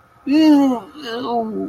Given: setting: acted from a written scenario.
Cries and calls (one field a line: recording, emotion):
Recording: vocal sound without words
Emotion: disgust